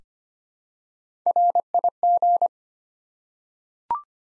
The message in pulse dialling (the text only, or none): none